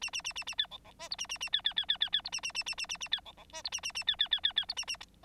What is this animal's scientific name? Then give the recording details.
Lonchura striata domestica. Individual Bird9